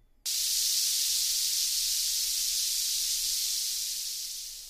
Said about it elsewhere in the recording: The tinnitus, the ringing in the ears. It's ringing right now, and it's extremely loud right now. Lowered it slightly in frequency, but in fact it's a lot higher and it's a lot harsher than what you'll hear. And this is in both ears? In both ears.